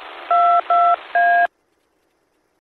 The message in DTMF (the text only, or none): 22A